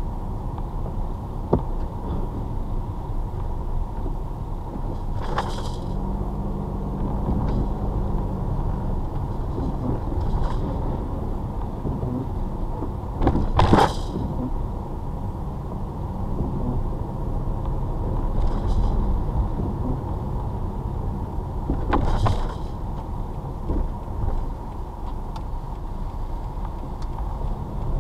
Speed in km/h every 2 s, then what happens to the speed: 15, 15, 15, 18, 23, 23, 19, 19, 18, 23, 23, 18, 11, 11.
0-5 steady at about 15. 5-8 speeds up to 23. 8-20 steady at about 23. 20-24 slows to 11.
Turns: none.